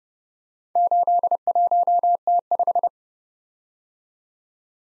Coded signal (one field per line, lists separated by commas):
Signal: Morse code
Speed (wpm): 30 wpm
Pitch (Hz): 700 Hz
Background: none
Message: 81T5